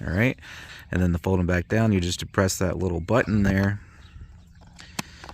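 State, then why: Seated. Someone talks about a Feyachi S27 red/green fiber optic flip-up iron sight leaf mounted on its picatinny rail base. The release button is pressed and the sight is folded down, with faint handling ticks before a sharp snap at 5.0 s as it locks in the downward position.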